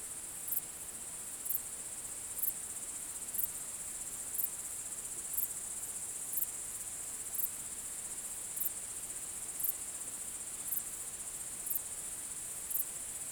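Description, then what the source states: Cricket chirping: a steady, very high-pitched trill with brighter pulses at regular intervals, continuing evenly throughout. Natural night sounds intended for relaxation.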